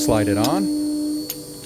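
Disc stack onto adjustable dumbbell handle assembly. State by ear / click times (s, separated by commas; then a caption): seated / 1.3 s. A disc stack from a 552 Series 1 fix kit is slid onto an adjustable dumbbell handle assembly and rotated until it locks. Someone talks over a steady high-pitched background hum, and a sharp click at 1.3 s marks the disc stack locking in place.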